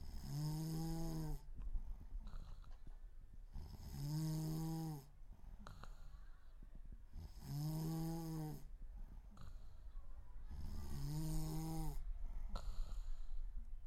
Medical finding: Snoring.